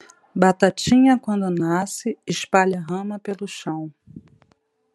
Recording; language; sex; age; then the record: short text; Brazilian Portuguese; female; 40 to 49 years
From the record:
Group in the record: control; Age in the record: 41 years